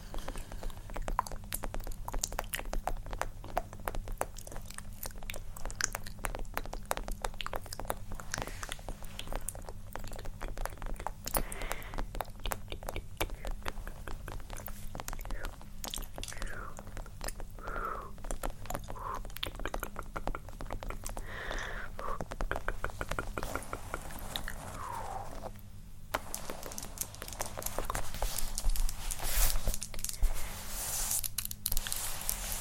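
Layered tapping, scratching and wet mouth sounds run through the whole clip as dense, rapid clicks and crackles over a steady low hum. Brief squelchy, chewing-like textures surface now and then, with a short drop near 26 seconds and slightly louder activity toward the end.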